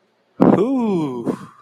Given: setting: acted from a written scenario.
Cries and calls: vocal sound without words; contentment

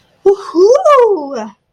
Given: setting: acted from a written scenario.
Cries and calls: vocal sound without words; triumph

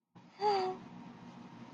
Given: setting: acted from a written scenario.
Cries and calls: vocal sound without words; fear

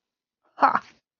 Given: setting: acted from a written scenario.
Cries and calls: vocal sound without words; realization

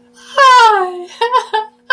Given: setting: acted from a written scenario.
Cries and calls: vocal sound without words; positive surprise

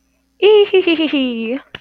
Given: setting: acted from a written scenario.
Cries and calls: vocal sound without words; triumph

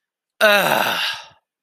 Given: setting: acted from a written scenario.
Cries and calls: vocal sound without words; sympathy

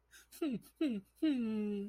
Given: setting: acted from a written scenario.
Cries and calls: vocal sound without words; sadness

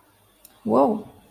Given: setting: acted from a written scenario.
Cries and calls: vocal sound without words; negative surprise

